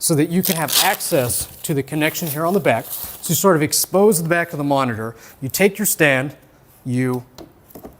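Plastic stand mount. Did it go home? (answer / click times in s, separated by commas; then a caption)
no / none. Someone talks while handling the pre-assembled, tool-less stand of a ViewSonic ColorPro VP3481a 34-inch curved 1800R ultra-wide monitor, lining it up with the quick-release mount on the back of the monitor. A couple of faint, brief handling ticks are heard near 7.7 s, but nothing has seated or clicked into the mount yet.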